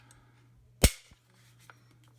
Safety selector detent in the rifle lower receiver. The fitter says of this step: our safety you can feel that detent clicking into place both safe